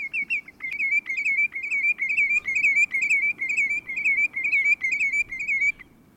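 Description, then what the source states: Lesser Yellowlegs song, a rolling series of warbled, wavering notes repeated steadily about twice per second for nearly six seconds. Song given to attract mates, delivered while flying or perched up in a tree like a songbird; species widespread in North and South America.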